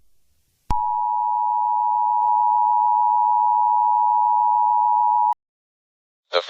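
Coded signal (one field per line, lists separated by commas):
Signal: Emergency Alert System (SAME) tones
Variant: 853 and 960 Hz attention tone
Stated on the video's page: Mock EAS scenario, not a real alert; a remake of an existing EAS screen.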